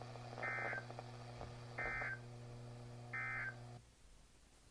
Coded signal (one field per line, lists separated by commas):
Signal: Emergency Alert System (SAME) tones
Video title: NWS Baltimore/Washington - Severe Thunderstorm Warning - June 23rd, 2024 (WNG736 - 162.450 MHz)